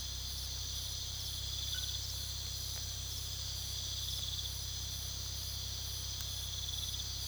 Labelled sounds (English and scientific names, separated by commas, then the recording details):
none
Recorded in pastures near Puerto Asís, Putumayo, Colombia, on 19 February 2024 at 03:00
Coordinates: 0.486, -76.323
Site G6462